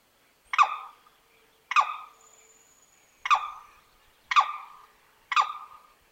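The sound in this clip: Tit call: five harsh, rasping notes, each a short burst that fades quickly, spaced about one to one and a half seconds apart.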